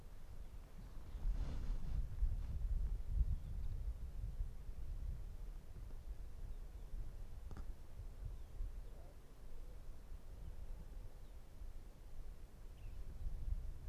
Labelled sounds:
Arctic Fox

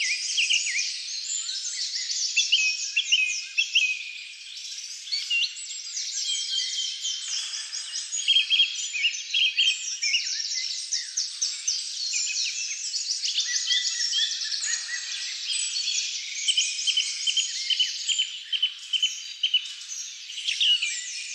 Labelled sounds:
Song Thrush song

